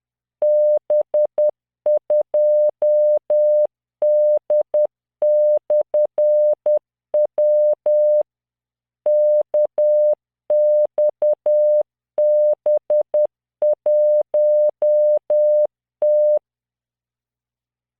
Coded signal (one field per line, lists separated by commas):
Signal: Morse code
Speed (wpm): 10 wpm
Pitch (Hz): 600 Hz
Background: none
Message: B2D/W KXB1T